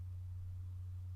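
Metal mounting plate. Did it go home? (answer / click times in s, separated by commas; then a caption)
no / none. A camera's quick-release plate is handled in the grooves of a tripod head, being slid forward toward its catch. Only a steady low hum and faint background hiss are heard, with no sharp sounds. Nothing has seated or clicked yet.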